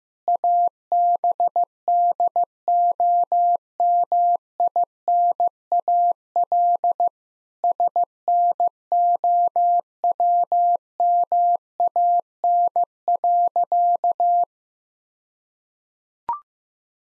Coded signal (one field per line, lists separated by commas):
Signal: Morse code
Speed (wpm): 15 wpm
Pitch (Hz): 700 Hz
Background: none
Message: ABDOMINAL SNOWMAN.